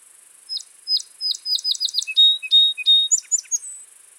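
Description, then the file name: Song sparrow singing one full phrase, spaced sharp notes speeding into a trill, followed by steady whistled tones and a few brief high notes at the end. "Melospiza melodia - Song Sparrow"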